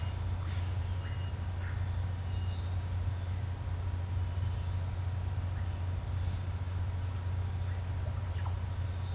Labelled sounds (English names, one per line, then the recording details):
none
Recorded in pastures near Puerto Asís, Putumayo, Colombia, on 15 December 2024 at 17:30
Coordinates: 0.502, -76.324
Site G077